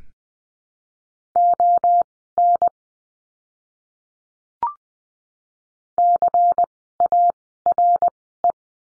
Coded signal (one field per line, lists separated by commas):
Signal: Morse code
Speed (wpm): 20 wpm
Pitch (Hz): 700 Hz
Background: none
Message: ON CARE